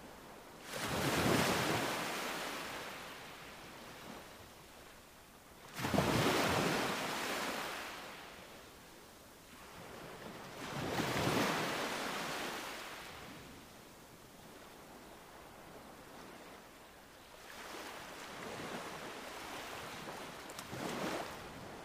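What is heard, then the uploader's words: Waves lap against a shoreline in a slow, regular rhythm, one surge roughly every five seconds. Each arrives as a bright rushing wash that swells and then drains away, the third and fourth softer than the first two. A low hiss fills the gaps between waves. Relaxing Shoreline Wave Laps.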